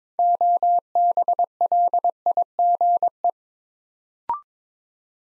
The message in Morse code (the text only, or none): OBLIGE